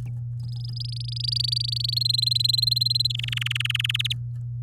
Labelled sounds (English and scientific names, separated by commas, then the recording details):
Domestic Canary (Serinus canaria) song
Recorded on 8 May 2018 at 15:38
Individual llb16